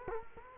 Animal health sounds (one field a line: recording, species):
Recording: mosquito wingbeat signal from an infrared sensor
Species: Culex quinquefasciatus